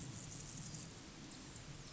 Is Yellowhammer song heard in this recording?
no